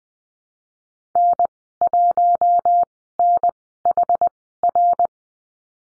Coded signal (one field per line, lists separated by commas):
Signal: Morse code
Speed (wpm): 20 wpm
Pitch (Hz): 700 Hz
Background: none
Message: N1NHR